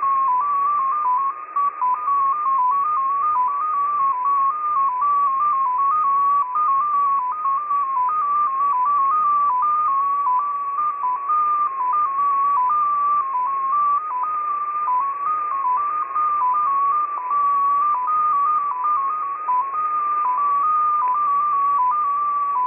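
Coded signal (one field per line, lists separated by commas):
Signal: multi-tone FSK (Olivia or MFSK type)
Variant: XPA2 14-tone MFSK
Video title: XPA2 on 10921 kHz USB January 31, 2021 12:00 UTC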